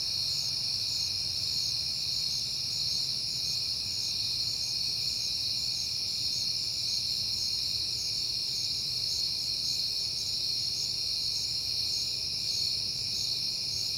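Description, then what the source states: Crickets chirping in a dense, steady high-pitched chorus, with pulsed trills layered over a continuous ringing drone and a faint low hum beneath. Crickets recorded at night in September on a peaceful night.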